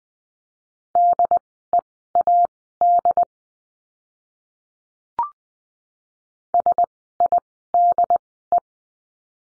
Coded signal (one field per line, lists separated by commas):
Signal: Morse code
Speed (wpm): 20 wpm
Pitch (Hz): 700 Hz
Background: none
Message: DEAD SIDE